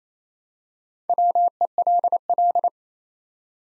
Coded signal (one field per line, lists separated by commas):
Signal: Morse code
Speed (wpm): 28 wpm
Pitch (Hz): 700 Hz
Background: none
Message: WELL